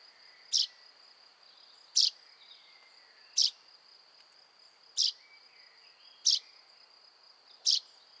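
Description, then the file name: Common chaffinch repeating a sharp, high call note six times at steady intervals of about one and a half seconds, a steady insect whine running underneath. "Fringilla coelebs"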